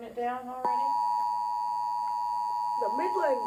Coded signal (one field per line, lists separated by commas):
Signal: Emergency Alert System (SAME) tones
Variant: 853 and 960 Hz attention tone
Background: speech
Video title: Devels Hour Flood Warnings on WXM43 and Unknown - EAS 14-15